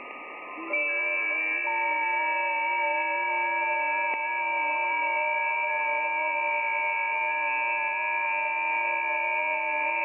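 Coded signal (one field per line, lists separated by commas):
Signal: FT8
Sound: several overlapping soft warbling tones starting together, steady for the whole clip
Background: radio static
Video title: FT8 Decoding Digital Signals on Yaesu FTdx3000 receiving in the Netherlands 4/6/2023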